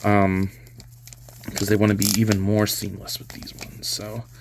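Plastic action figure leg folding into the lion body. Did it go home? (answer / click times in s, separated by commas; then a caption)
no / none. Someone talks while handling the plastic legs of a Playmates Toys 40th Anniversary Re-Release Voltron Green Lion action figure, folding them all the way up into the lion body so the leg joint can click into position. Soft crinkling and handling noises are heard under the talking. Nothing has seated or clicked yet.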